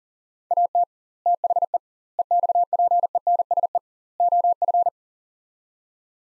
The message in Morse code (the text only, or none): AT THE EXPENSE OF